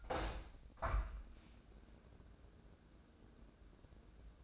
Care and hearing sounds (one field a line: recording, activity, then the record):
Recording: daily activity, microphone in the room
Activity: open window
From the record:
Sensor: 2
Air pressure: 1012.1 hPa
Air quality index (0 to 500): 127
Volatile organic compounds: 1 ppm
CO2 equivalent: 938 ppm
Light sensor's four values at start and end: 179/432/181/190 and 180/432/182/191